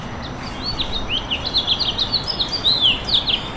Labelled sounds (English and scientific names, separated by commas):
House Finch (Haemorhous mexicanus) song